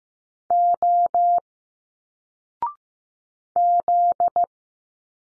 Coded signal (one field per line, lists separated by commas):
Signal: Morse code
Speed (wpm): 15 wpm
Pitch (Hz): 700 Hz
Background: none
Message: O Z